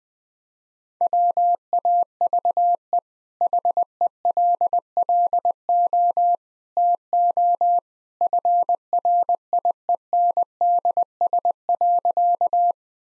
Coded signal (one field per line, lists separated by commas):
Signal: Morse code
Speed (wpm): 20 wpm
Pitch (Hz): 700 Hz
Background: none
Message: WAVE HELLO TO FRIENDS.